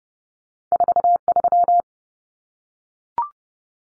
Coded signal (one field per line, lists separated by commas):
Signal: Morse code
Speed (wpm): 30 wpm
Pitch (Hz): 700 Hz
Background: none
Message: 43